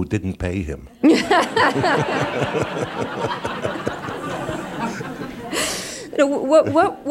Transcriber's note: laughter